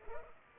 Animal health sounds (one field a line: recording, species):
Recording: mosquito wingbeat signal from an infrared sensor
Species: Culex pipiens